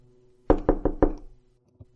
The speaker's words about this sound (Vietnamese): Ông Tư đang ngủ thì nghe tiếng gõ cửa dồn dập ở bên ngoài